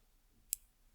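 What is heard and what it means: Pressing the trigger of a Stan Solex Clicker archery wrist release resets its metal hook, which snaps into its latched position with a single sharp, bright click at 0.5 s against a quiet background. The hook is reset and ready to go.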